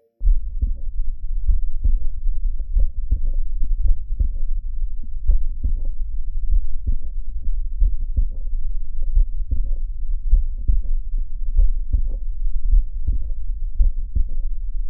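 Heart by stethoscope in a young man of about 20 with angina-like chest pain, palpitations and extrasystoles. Early diastolic clicks of mitral valve prolapse mimic a pericardial friction rub; the clicks are heard only in early diastole, unlike the typical three-component rub with one systolic and two diastolic components.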